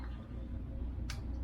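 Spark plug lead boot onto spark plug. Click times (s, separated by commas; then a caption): 1.1 s. A rubber HT lead boot is pushed onto a spark plug on the V8 engine of a 1971 Range Rover until the terminal snaps onto the plug top, done to make sure the big boot is truly seated rather than just feeling tight with a two-millimetre gap. Over a low steady hum, a single sharp click is heard at 1.1 s, and the boot is seated.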